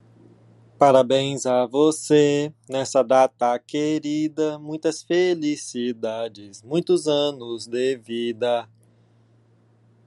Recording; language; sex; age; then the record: short text; Brazilian Portuguese; male; 20 to 29 years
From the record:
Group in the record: control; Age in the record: 26 years